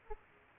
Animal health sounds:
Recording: mosquito wingbeat signal from an infrared sensor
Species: Aedes aegypti

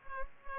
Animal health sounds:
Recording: mosquito wingbeat signal from an infrared sensor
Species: Culex pipiens

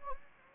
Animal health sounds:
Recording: mosquito wingbeat signal from an infrared sensor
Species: Anopheles gambiae

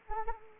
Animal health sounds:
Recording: mosquito wingbeat signal from an infrared sensor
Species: Anopheles arabiensis

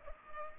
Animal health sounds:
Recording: mosquito wingbeat signal from an infrared sensor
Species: Culex pipiens

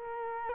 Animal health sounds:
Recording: mosquito wingbeat signal from an infrared sensor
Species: Culex quinquefasciatus

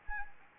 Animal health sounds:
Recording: mosquito wingbeat signal from an infrared sensor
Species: Anopheles gambiae

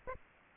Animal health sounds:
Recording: mosquito wingbeat signal from an infrared sensor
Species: Aedes aegypti

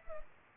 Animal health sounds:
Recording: mosquito wingbeat signal from an infrared sensor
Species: Culex pipiens

